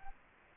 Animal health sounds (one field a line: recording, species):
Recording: mosquito wingbeat signal from an infrared sensor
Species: Culex quinquefasciatus